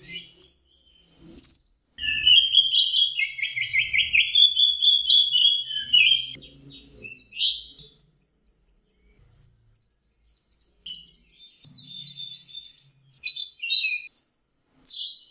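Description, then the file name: Orange-headed thrush song, a long, varied run of high whistles, buzzy notes and rapid trills, phrases changing every second or two with no pauses. Masteran (training) song. "suara masteran anis merah"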